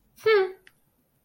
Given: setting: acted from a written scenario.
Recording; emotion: vocal sound without words; pride